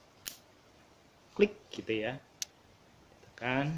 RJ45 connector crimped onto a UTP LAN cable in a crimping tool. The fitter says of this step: kemudian ditekan Sampai bunyi klik